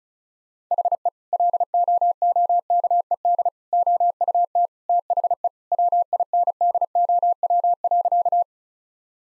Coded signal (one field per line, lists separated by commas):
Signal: Morse code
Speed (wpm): 36 wpm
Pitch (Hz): 700 Hz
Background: none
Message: HE LOOKED OUT THE WINDOW.